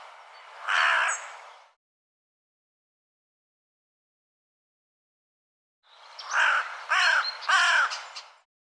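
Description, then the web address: Bird calling with a single hoarse caw, then after a long pause a quick run of three rough, grating caws. "cianscape birddata Deverinetal 2025"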